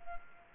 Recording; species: mosquito wingbeat signal from an infrared sensor; Culex quinquefasciatus